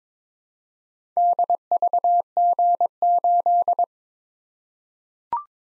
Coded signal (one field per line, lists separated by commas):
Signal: Morse code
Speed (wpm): 22 wpm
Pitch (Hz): 700 Hz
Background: none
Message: DVG8